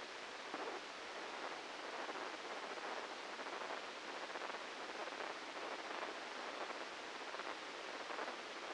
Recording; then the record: brain microelectrode recording played as sound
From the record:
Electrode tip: outside the subthalamic nucleus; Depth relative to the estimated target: -3 mm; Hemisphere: left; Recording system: NeuroSet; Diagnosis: Parkinson's disease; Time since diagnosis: 13 years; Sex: male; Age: 63 years